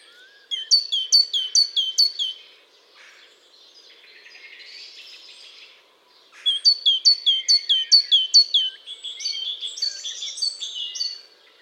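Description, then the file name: Great tit calls: rapid strings of sharp, high, hooked notes, broken by a soft buzzy churr, then another long series ending in harsher scolding notes. "Parus major"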